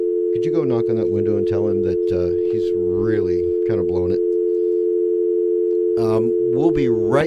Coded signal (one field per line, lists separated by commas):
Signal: telephone call progress tone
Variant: North America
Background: speech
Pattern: dial tone